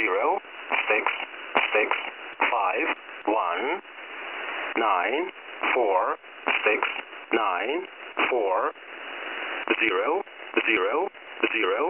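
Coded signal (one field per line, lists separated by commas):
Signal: numbers station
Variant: E07 English Man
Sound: male voice reading single digits in English, evenly spaced, over shortwave hiss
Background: radio static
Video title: E07 English Man Numbers Station - 17461 kHz 2023-Oct-13 1500z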